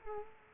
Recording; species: mosquito wingbeat signal from an infrared sensor; Culex quinquefasciatus